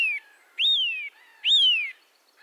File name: Sitta europaea